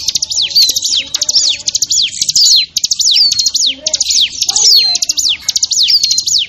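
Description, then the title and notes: Bar-winged prinia calls: fast, shrill bursts of slurred descending notes mixed with ticking, coming in tight clusters roughly every second. Lure recording of noisy small-bird calls used to attract wild birds; local name ciblek. "Suara Pikat Burcil Ribut. Burung Liar. ciblek"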